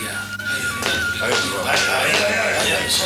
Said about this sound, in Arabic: أنصت جيدا، هل تسمع أصوات جيرانك؟ إنهم قادمون، أصواتهم تقترب، أصبحوا الآن على باب البيت.